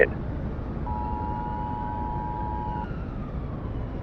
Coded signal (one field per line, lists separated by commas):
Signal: Emergency Alert System (SAME) tones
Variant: 853 and 960 Hz attention tone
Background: speech